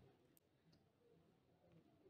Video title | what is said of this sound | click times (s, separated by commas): SIM800L Powering #subscribe @CitadelGlobal1 #automobile #experiment #arduinomodule | When you insert the SIM card, you will hear a click sound | 0.4 s